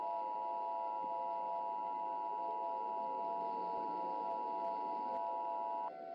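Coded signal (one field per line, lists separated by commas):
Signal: Emergency Alert System (SAME) tones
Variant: 853 and 960 Hz attention tone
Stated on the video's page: Fictional alert scenario.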